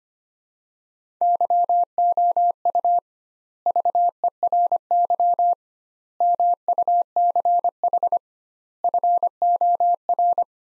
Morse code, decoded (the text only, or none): YOU VERY MUCH FOR